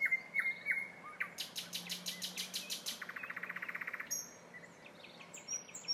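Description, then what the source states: Nightingale song: soft whistled notes, then a fast rattling series of repeated clicks and a dry rapid trill, pausing between phrases. Singing in a town.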